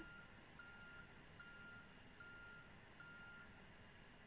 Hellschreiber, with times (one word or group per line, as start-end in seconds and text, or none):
none